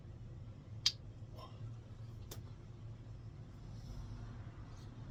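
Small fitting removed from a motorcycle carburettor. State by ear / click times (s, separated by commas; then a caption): released / 0.9 s. A small fitting is taken off the body of a Mikuni 34 carburettor from a Virago 535 motorcycle during a light refurbishment. One sharp, loud click at 0.9 s marks the part releasing, followed by a fainter tap at 2.3 s over a steady low hum. The fitting comes off cleanly.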